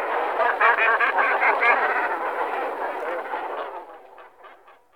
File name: Kormoran velky Phalacrocorax carbo